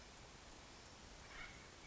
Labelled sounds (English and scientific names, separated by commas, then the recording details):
Acorn Woodpecker (Melanerpes formicivorus)
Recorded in Sonoma County, California